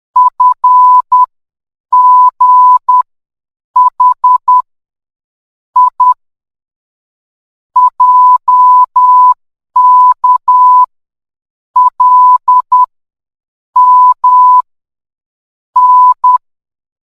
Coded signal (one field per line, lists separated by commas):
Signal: Morse code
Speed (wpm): 10 wpm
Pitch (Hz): 1000 Hz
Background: none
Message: F G H I J K L M N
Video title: morse code